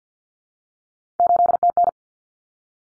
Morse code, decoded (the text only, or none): 8TN